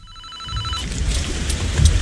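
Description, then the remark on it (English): A mobile phone rings with a bright, steady electronic tone for under a second, then cuts off into a loud, continuous rushing hiss like heavy rain. No one speaks. “Oh, no, it's Kika. Oh, no, oh, no. I'll let it go to voicemail.”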